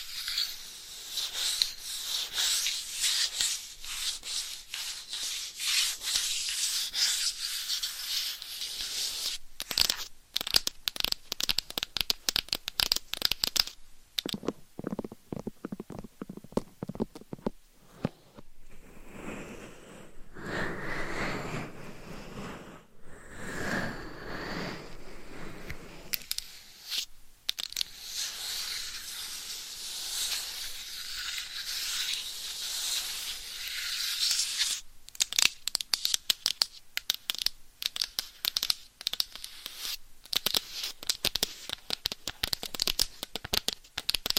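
Scratching and rubbing sounds with dense, rapid strokes, bright and hissy, running through most of the stretch. Around 15 to 26 seconds the texture changes to softer, slower sweeps with gaps, then quick scratching returns with sharp tapping bursts near 35 seconds.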